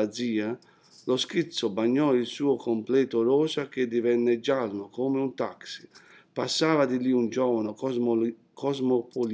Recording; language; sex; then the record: read passage; Italian; male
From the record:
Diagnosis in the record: healthy control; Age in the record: 60 years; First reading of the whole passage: 60 s, 8.3 characters per second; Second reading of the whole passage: 54 s, 9.4 characters per second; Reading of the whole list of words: 38 s, 7.2 characters per second